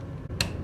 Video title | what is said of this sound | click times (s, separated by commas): CARA MENGATASI PRINTER EPSON L3210 WARNA HITAMNYA PUTUS PUTUS TANDA HEADNYA RUSAK | Sampai bunyi klik klik. | 0.4 s